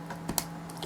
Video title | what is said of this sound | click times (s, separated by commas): $550 Gaming Build | until it snaps in | 0.4 s